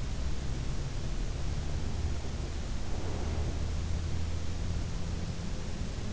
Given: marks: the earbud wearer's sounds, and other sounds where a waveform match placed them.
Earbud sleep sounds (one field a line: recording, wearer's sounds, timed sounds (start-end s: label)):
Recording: sounds in sleep by an in-ear microphone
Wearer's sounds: breath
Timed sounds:
1.73-4.59 s: breath